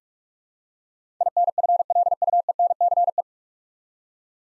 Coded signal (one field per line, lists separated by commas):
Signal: Morse code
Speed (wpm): 46 wpm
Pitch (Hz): 700 Hz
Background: none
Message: INFLUENCE